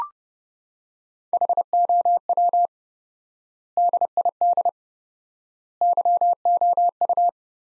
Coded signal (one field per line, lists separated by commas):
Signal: Morse code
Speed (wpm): 32 wpm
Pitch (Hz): 700 Hz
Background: none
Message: HOW DID YOU